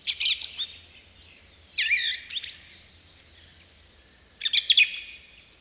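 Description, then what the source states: Song Thrush singing three short bursts of bright, varied whistled notes separated by pauses of one to two seconds. Male singing in early May in coniferous forest; often sings from the top of a spruce, announcing its presence to others of its species.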